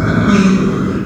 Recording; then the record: squeal of a Yucatan mini pig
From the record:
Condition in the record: after surgery on the right vocal fold (resection and tissue-engineered implant); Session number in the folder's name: 9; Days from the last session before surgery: 65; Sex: female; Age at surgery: 19 weeks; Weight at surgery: 25 kg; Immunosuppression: prednisolone